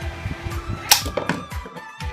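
A hand riveter's handles are squeezed on a blind rivet through sheet materials until the mandrel snaps off with a sharp pop at 0.9 s, setting the rivet and fastening the materials. Softer clicks follow at 1.2 s, 1.3 s and 2.0 s over low thumps and faint steady tones.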